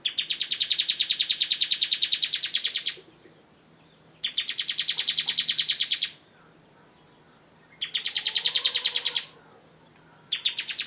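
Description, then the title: Bar-winged prinia song in bursts of fast, high, buzzy chirps, each burst lasting a few seconds and separated by shorter quiet gaps. "Ciblek"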